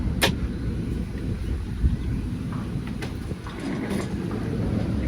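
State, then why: Not seated. A storage latch fitting in a locksmith van's work-up area, near a chair held by magnets and a pair of tweezers, possibly a drawer or holder latch, is handled with a steady low rumble and two brief sharp sounds around 2.9 and 3.0 seconds. Nothing has seated or clicked yet; the fitting is not home by the end.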